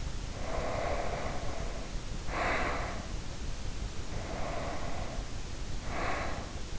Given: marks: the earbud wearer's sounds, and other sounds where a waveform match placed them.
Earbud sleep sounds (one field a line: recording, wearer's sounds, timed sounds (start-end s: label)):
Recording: sounds in sleep by an in-ear microphone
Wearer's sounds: breath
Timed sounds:
0.00-3.44 s: breath
3.92-6.74 s: breath